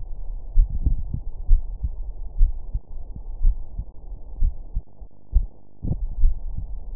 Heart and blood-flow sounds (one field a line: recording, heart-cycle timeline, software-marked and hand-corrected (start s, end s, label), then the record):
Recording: heart sounds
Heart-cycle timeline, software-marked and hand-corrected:
0.00	0.02	S2
0.02	0.54	diastole
0.54	0.68	S1
0.68	0.84	systole
0.84	0.98	S2
0.98	1.50	diastole
1.50	1.62	S1
1.62	1.82	systole
1.82	1.92	S2
1.92	2.38	diastole
2.38	2.50	S1
2.50	2.72	systole
2.72	2.82	S2
2.82	3.42	diastole
3.42	3.56	S1
3.56	3.76	systole
3.76	3.86	S2
3.86	4.40	diastole
4.40	4.52	S1
4.52	4.72	systole
4.72	4.82	S2
4.82	5.34	diastole
5.34	5.46	S1
5.46	5.64	systole
5.64	5.72	S2
5.72	6.20	diastole
6.20	6.34	S1
6.34	6.54	systole
6.54	6.64	S2
6.64	6.96	diastole
From the record:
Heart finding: coronary artery disease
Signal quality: good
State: rest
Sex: female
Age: 42 years